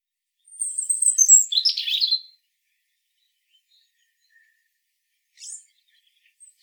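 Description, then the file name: European robin singing a short phrase: a thin high whistle sliding into a jumbled, warbling burst, then a long pause with only a few soft high notes. "Erithacus rubecula"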